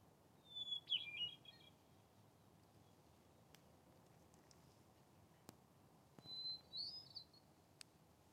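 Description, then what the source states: Hermit thrush song: two faint flute-like phrases, each opening on a clear note and breaking into quick fluttering notes, separated by about five seconds, with occasional clicks. Defiance summit bivy, 2022-07-08.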